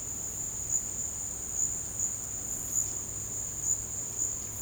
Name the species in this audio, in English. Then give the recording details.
none. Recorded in dense forest near Puerto Asís, Putumayo, Colombia, on 22 June 2025 at 14:30. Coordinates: 0.486, -76.317. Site G065